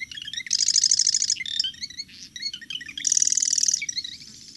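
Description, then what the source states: Marsh wren song: two chattering, mechanical rattles mixed with thin whistled and ticking notes. Song likened to a sewing machine or toy machine gun, air bubbles forcing through mud, or a rusty hinge; forages out of view among cattails, popping up only briefly.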